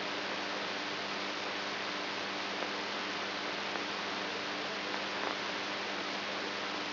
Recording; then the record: brain microelectrode recording played as sound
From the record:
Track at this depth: inside the subthalamic nucleus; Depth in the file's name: 3.518 mm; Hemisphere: right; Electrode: 2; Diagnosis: Parkinson's disease